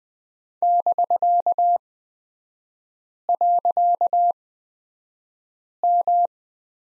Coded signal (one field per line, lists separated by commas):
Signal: Morse code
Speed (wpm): 20 wpm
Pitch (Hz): 700 Hz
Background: none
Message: <BK>.M